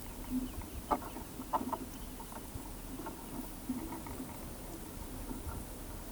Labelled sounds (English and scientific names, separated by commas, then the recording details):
none
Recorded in pastures near Pivijay, Magdalena, Colombia, on 18 April 2023 at 18:00
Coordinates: 10.456, -74.369
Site P6-G026